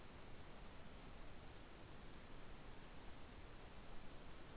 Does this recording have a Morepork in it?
no